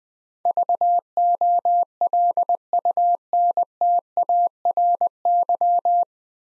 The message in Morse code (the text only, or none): VOLUNTARY